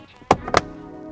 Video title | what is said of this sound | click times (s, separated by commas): DIY: Full G20 BMW Speaker Upgrade! BimmerTech Alpha One | just gently snap into place and you're done all | 0.3 s, 0.6 s